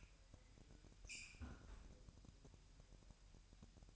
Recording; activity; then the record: daily activity, microphone in the room; close fridge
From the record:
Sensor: 2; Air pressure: 1001.9 hPa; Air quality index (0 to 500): 248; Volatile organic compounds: 38 ppm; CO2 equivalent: 3120 ppm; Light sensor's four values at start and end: 8/28/11/10 and 8/28/11/10